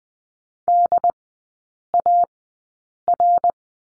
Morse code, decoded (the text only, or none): DAR